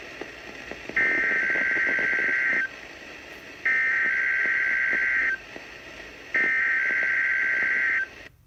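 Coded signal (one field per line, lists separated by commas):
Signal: Emergency Alert System (SAME) tones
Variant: header bursts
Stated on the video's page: Two required weekly tests received on NOAA weather radio.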